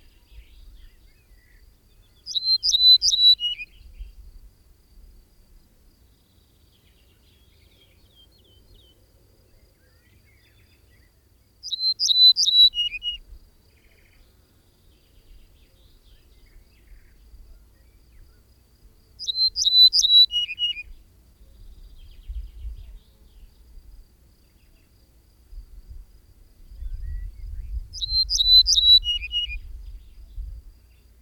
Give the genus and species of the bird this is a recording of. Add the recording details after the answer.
Emberiza hortulana. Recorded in the wild. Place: Kardžali, Khaskovo, BG. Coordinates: 41.634, 25.378. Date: 1974-05-30. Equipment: Nagra III BH, Sennheiser MD 21, parabola. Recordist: Schubert, Michael